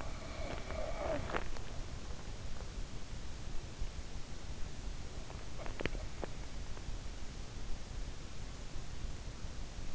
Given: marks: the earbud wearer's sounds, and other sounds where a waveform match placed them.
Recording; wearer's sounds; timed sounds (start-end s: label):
sounds in sleep by an in-ear microphone; snoring breath, teeth grinding
0.00-1.66 s: snoring breath
5.50-6.37 s: teeth grinding